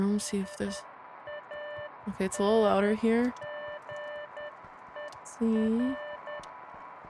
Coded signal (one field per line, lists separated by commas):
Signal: Morse code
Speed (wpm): 10 wpm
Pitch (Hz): 1800 Hz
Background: speech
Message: IANGER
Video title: What is the truth about Beacon Pines? • Beacon Pines • Full Playthrough (All Parts)